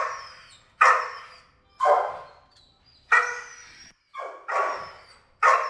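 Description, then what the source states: Dog giving loud barks, mostly single, each with a ringing tail. Dog barking in a kennel, recorded from different perspectives in a roomy, quiet room.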